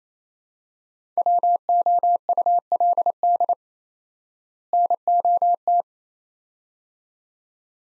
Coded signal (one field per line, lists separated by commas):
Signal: Morse code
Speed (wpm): 28 wpm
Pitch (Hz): 700 Hz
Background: none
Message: WOULD NOT